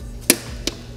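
A torque wrench tightens a spark plug into the cylinder head of a Kia Stinger in a single pull, stopping at the point the wrench releases before re-checking it. Two sharp clicks are heard, a loud one at 0.3 s and a softer one at 0.7 s, confirming the spark plug is torqued.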